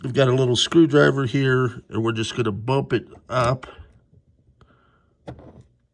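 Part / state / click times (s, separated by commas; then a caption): termination selector switch on a SCSI hard drive / not seated / none. Someone talks while a small screwdriver is used to bump the termination selector switch on a SCSI hard drive up to position 3, to fix a SCSI bus hung error caused by a termination issue. After the talking stops, faint handling taps sound near 4.6 s and 5.3 s. Nothing has clicked into place yet.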